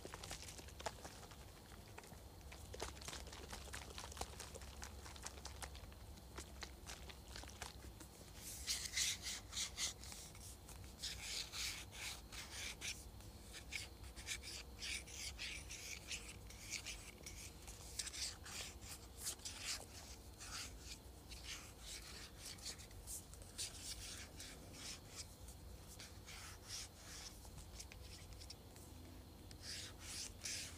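A spray bottle is shaken and sprayed, with quick rattling clicks scattered through the whole clip. Denser bursts of bright hissing come around 9 to 13 seconds and again near 18 to 20 seconds. A low steady hum runs underneath throughout.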